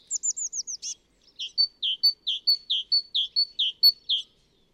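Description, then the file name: Great tit calling: a quick run of thin descending high notes, then a steady series of repeated two-part chipping notes, about two per second, with clean background. "Parus major"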